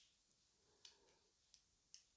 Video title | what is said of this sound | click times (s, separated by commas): Lego Stream Duel On Mustafar Set | and that clicks into place there we are | 1.9 s